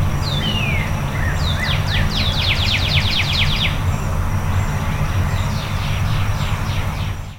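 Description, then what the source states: Bird song: a few slurred whistles followed by a rapid descending chirp trill, then faint chirps, over steady low rumble. Before dawn.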